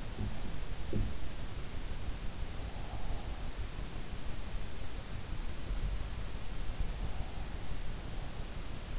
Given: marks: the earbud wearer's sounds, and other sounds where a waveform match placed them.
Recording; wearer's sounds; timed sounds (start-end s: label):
sounds in sleep by an in-ear microphone; teeth grinding
0.14-0.38 s: teeth grinding
0.81-1.26 s: teeth grinding